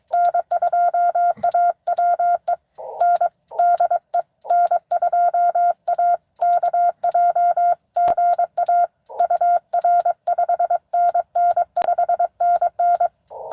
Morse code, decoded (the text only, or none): N2AWE N DE N2AKJ GA UR 5NN 5NN